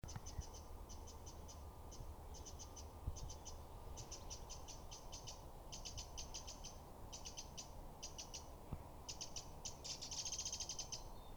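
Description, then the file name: Eurasian wren making quiet, rapid ticking bursts, repeated throughout, over a strong low-pitched background rumble. "Troglodytes troglodytes"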